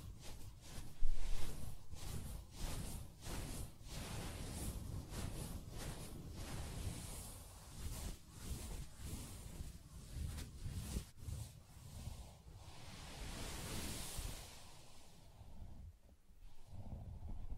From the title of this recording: Soft Fabric Surface Tapping & Scratching